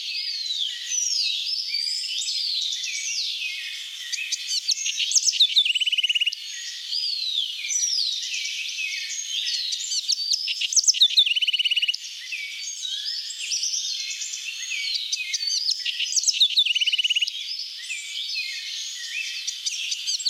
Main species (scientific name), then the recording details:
Troglodytes aedon. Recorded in the wild. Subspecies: musculus. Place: La Pacifica, San José, Umgebung Hotel, CR. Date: 1992-04-23. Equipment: Dat-Recorder Casio DA 7, Telinga DAT, Telinga-Parabolspiegel. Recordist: Schwarz, Dieter. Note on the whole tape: Song